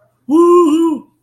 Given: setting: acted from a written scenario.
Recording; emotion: vocal sound without words; elation